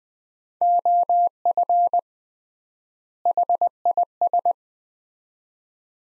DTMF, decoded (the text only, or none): none